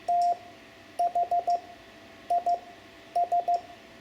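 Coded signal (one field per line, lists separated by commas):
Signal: Morse code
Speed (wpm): 14 wpm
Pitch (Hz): 700 Hz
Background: none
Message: THIS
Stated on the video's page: Hand-sent Morse lesson teaching numbers 5 to 9 for amateur radio learners.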